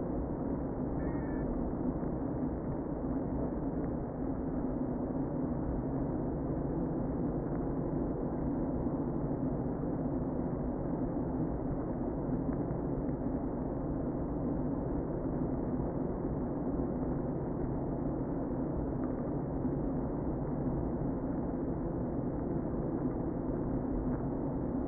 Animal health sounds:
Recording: honeybee colony, microphone inside the hive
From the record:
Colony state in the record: queen present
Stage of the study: before two queens were removed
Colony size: about 60,000 bees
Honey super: yes

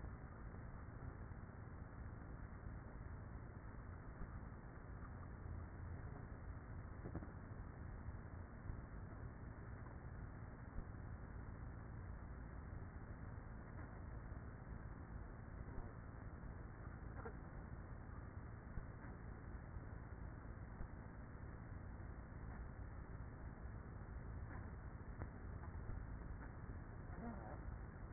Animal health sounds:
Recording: honeybee colony, microphone inside the hive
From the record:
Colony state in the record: queenless with a low population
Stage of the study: after two queens were removed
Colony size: about 30,000 bees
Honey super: no

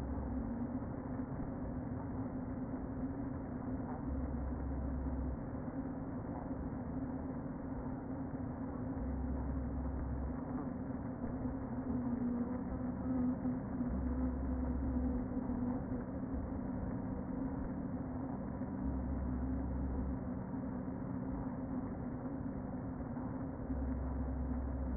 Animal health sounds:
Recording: honeybee colony, microphone inside the hive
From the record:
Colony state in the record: queen present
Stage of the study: before two queens were removed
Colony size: about 60,000 bees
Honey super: yes

